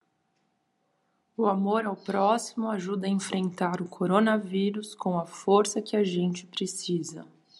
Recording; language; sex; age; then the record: spoken sentence; Brazilian Portuguese; female; 30 to 39 years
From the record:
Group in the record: control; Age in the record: 35 years